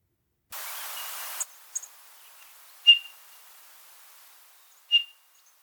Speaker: Out of the quiet, the whistled calls of a Townsend solitaire started up, soon followed by a spontaneous burst of song